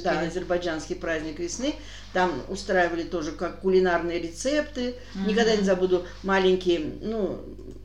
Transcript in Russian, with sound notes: Да, азербайджанский праздник весны, там устраивали тоже как кулинарные рецепты.. [Респондентка 2 издаeт звук согласия] Никогда не забуду маленькие, ну,